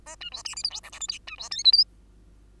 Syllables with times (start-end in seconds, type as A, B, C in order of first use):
0.06-0.16 A, 0.20-0.30 B, 0.32-0.43 C, 0.45-0.55 D, 0.56-0.63 E, 0.63-0.70 F, 0.70-0.81 G, 0.83-0.91 H, 0.92-0.99 I, 1.00-1.07 J, 1.08-1.19 K, 1.27-1.37 B, 1.38-1.49 C, 1.51-1.64 L, 1.64-1.72 M, 1.72-1.85 N